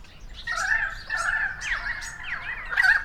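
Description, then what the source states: A currawong chorus of ringing, slurred whistles and short squawks, several birds calling at once in a steady jumble. Several currawongs, recorded 28 May 2013.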